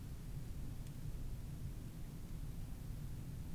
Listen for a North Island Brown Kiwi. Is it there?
no